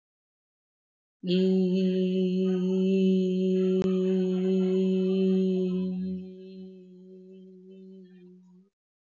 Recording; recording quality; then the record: sustained vowel as in beet; excellent, no background noise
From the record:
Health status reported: healthy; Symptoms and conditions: none ticked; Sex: female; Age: 37 years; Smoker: not ticked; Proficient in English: yes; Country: India